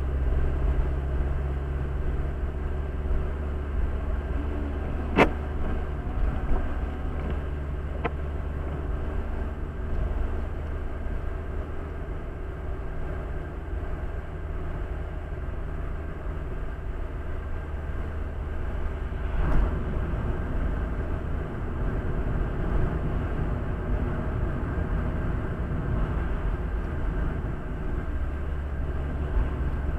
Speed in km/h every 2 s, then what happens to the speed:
51, 53, 55, 54, 56, 57, 58, 58, 58, 58, 57, 60, 61, 61, 53.
0-26 speeds up to 61. 26-30 slows to 53.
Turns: none.